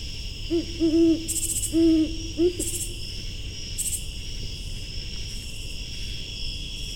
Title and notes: Great Horned Owl (female?). Great Horned Owl calling from forest. Laurel, MD on September 8, 2015 at 8:18pm